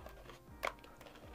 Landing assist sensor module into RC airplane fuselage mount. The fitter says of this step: get it in place get it clicked in so you'll notice it's nice and flush on the outside of the sensor itself